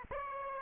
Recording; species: mosquito wingbeat signal from an infrared sensor; Aedes aegypti